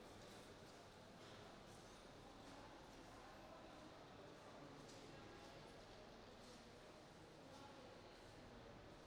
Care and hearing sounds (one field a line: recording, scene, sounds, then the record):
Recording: everyday scene through a hearing-aid microphone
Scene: reverberant space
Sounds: background noise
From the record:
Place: railway station hall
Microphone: in the ear canal, right